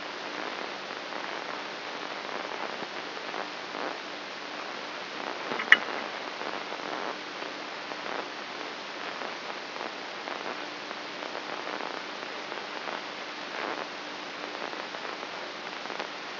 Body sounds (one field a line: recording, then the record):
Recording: brain microelectrode recording played as sound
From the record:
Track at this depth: outside the subthalamic nucleus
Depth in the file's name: 1.938 mm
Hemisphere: left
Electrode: 3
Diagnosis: Parkinson's disease